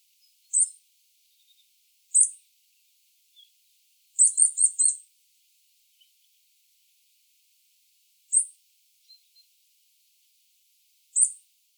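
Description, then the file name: Eurasian nuthatch calls: short, very high sharp notes given singly at intervals of a few seconds, with one quick run of several notes, in near silence. "Sitta europaea"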